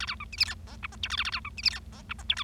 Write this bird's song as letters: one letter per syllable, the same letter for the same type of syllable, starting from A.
A B C D E F G H I J K A A B C D E F G H I J K